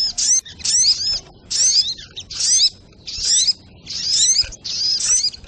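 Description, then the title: Little spiderhunter song: thin, piercing twitters and looping slurred whistles given in short bursts, around six to seven phrases with brief pauses. Training recording (masteran), labelled labaik. "Masteran Burung Sogok Ontong Labaik"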